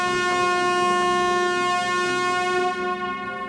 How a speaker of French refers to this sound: À 16h22, au son des cornes de brume et dans l'épaisse traînée des fumigènes rouges, le monocoque d'Alain Gautier entre dans le port de Lona.